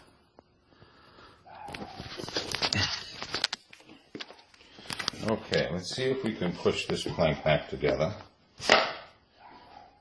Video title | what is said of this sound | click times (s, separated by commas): My Movie | I didn't even need to kick that just push it with my foot and I could hear it click alright | 8.7 s